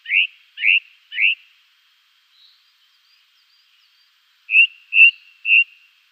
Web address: Schulze Peter Ring Ouzel song